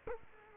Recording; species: mosquito wingbeat signal from an infrared sensor; Culex quinquefasciatus